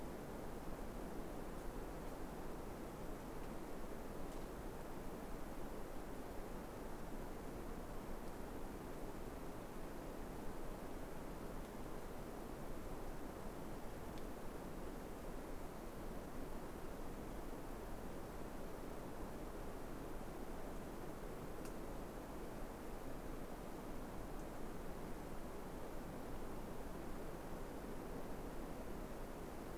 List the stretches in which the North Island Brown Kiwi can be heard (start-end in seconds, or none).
none